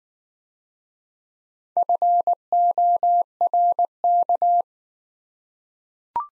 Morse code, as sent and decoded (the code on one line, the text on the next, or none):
..-. --- .-. -.-
FORK